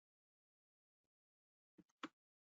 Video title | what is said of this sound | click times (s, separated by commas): Making Hummus in the Culinary Classroom | you'll hear it click | 2.0 s